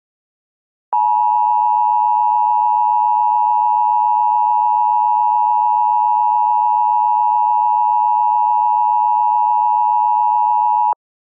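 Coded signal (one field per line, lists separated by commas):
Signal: Emergency Alert System (SAME) tones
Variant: 853 and 960 Hz attention tone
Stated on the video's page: Fictional parody EAS alert imagining an alternate timeline where the National Weather Service used the Tom voice since 1996.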